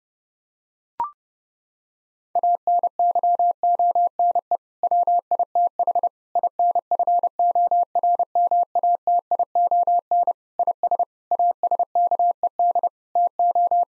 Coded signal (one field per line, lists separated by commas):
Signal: Morse code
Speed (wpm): 30 wpm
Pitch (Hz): 700 Hz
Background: none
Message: ANYONE WITH INFORMATION IS ASKED TO